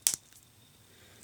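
The rubber band clasp of a Samsung Galaxy Gear 2 smartwatch is snapped shut into the band without a wrist inside, which makes it harder to close. A sharp, bright snap lands at 0.1 s, followed quickly by a softer second tick and a few faint small ticks. The clasp seats and locks into place.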